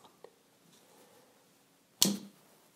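Another plastic propeller on a Wingsland M5 drone is pressed onto its motor hub and seats with a sharp, loud, bright click at 2.0 s that rings briefly before fading. A faint tick is heard at 0.2 s. The propeller is clicked securely into place.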